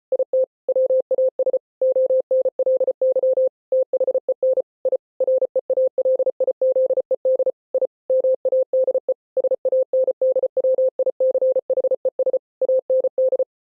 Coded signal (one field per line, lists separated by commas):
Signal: Morse code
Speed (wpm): 33 wpm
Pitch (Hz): 520 Hz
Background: none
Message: IT WAS ONLY THEN I REALIZED I MADE SANDWICHES AND